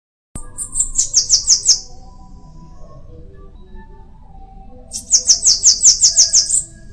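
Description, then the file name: Bananaquit song: two very high, hurried strings of sibilant notes, each lasting under two seconds, with a quiet gap of about three seconds between. "canto da cambacica"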